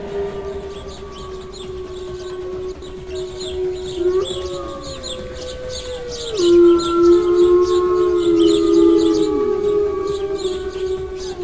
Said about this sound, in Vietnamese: Ngay sau khi Cương Nhật Phổ Bạc vận hết sức thổi mạnh, âm thanh phát ra từ cái sáo xương mới đầu thấp rồi cao dần đến thấp trầm, từ thấp trầm đến thê lương thành cao vút chói tai, mọi người đều ù hết cả tai.